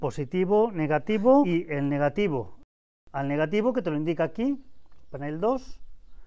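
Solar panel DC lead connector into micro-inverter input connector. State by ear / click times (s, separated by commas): not seated / none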